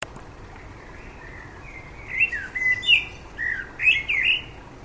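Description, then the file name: Common blackbird singing, a soft low whistle followed after about one second by a louder run of rich fluty notes with thin, squeaky high flourishes. "Turdus merula"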